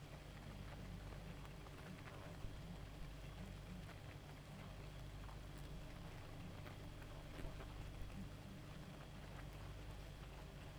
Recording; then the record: honeybee colony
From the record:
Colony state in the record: active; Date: 28 July 2017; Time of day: 1:01